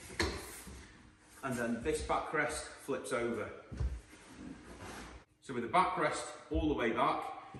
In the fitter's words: the table drops right the way down, locks into place, and